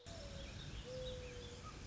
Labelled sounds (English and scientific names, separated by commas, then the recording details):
Mourning Dove (Zenaida macroura)
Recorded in Sonoma County, California